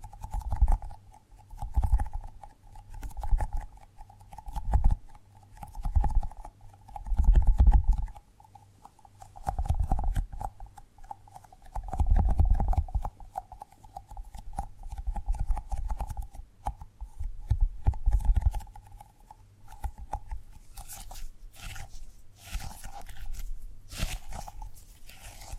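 Tapping and gripping sounds: soft, dull low thumps and rubbing swells come every second or two, heaviest around 7 and 12 seconds. A faint steady tone hums underneath throughout, and after about 20 seconds sharper, brighter taps click in quick succession.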